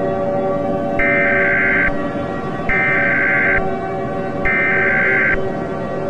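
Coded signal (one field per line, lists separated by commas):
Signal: Emergency Alert System (SAME) tones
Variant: header bursts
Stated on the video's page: Fictional EAS scenario about a black hole, remastered.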